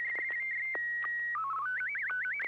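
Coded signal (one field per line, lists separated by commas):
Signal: SSTV (slow-scan television)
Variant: Martin 1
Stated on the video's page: Morse heard during an SSTV net held on a FM repeater on 441.300 MHz.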